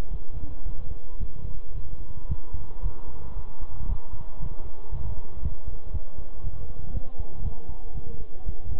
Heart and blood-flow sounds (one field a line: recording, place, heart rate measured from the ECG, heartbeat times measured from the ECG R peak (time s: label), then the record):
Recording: heart sounds by stethoscope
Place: between the tricuspid and mitral areas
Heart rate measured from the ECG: 115 bpm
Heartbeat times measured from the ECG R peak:
0.11 s: heartbeat
0.66 s: heartbeat
1.20 s: heartbeat
1.75 s: heartbeat
2.29 s: heartbeat
2.83 s: heartbeat
3.36 s: heartbeat
3.89 s: heartbeat
4.40 s: heartbeat
4.92 s: heartbeat
5.43 s: heartbeat
5.93 s: heartbeat
6.44 s: heartbeat
6.94 s: heartbeat
7.44 s: heartbeat
7.95 s: heartbeat
8.46 s: heartbeat
From the record:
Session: bicycle stress test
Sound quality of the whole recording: good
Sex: male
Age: 23 years